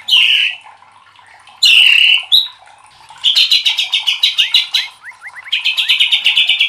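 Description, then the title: White-rumped shama song: loud harsh bursts followed by fast rhythmic chattering trills and a run of quick upslurred whistles. Masteran (training recording) for cage birds, labelled Labaik. "MASTERAN MURAI BATU LABAIK"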